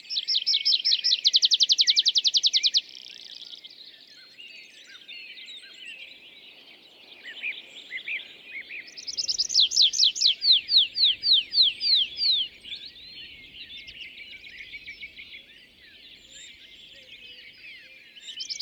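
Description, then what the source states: Tree pipit song: a loud rapid trill, softer twittering, then another fast series of repeated notes slowing into separate sweeping phrases. Display flight song of a bird newly arrived from migration; La Sarcena, Val Drôme, France, 27 April 2020; sings from top of isolated tree by a meadow, rising then parachuting down; Nagra Seven, MKH40.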